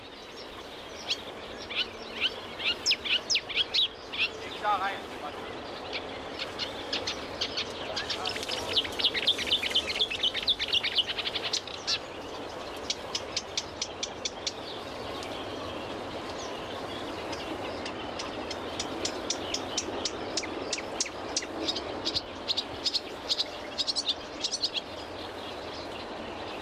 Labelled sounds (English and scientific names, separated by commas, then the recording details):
Marsh Warbler (Acrocephalus palustris) song
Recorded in the wild
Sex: male
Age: adult
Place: Berlin, OT Karow, Berlin, DE
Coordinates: 52.6228, 13.4597
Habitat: ponds
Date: 1988-05-29
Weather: sunny, 20-26°C
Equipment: Nagra SN (Automatik), Kopie Tesla B 116
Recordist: Tembrock, Günter